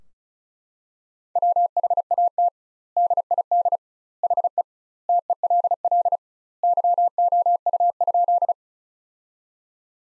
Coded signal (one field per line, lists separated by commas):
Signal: Morse code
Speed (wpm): 34 wpm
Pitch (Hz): 700 Hz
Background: none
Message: WHAT DID HE TELL YOU?